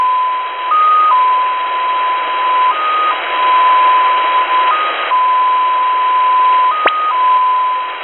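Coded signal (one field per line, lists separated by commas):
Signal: numbers station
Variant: XPA2 polytone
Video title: Russian XPA2 polytone number station at 17462 kHz (short message(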